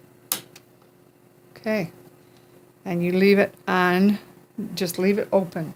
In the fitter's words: you just put it in like that and you hear it click okay